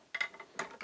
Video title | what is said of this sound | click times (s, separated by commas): Mighty Hoop Hoop Master - Lets Figure this this out together to see if its a must have | put this on there that snaps into place and then you just | 0.1 s, 0.6 s